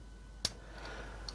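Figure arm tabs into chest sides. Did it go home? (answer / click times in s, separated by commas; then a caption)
yes / 0.4 s, 1.3 s. During transformation of a Transformers Legacy United Infernac Universe Bouldercrash plastic action figure, the arms are brought in so their side tabs snap into the sides of the chest. A sharp snap sounds at 0.5 s and a smaller click at 1.3 s over a low steady hum. The arm tabs are seated in the chest.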